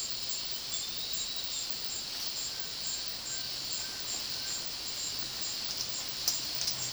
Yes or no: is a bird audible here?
no